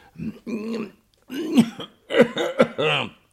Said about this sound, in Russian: Кашлянула она, и все обратились вслух